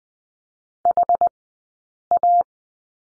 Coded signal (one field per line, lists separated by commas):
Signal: Morse code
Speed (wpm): 20 wpm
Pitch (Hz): 700 Hz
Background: none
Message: HA